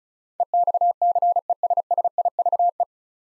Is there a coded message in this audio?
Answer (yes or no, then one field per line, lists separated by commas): yes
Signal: Morse code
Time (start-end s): 0.4-2.8 s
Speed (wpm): 36 wpm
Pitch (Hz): 700 Hz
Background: none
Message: EXCESSIVE